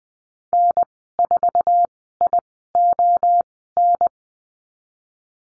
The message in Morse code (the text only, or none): N4ION